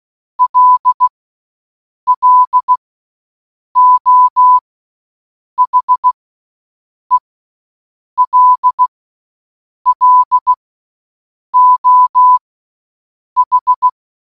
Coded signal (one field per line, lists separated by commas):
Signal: Morse code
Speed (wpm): 16 wpm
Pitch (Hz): 1000 Hz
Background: none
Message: LLO HELLO H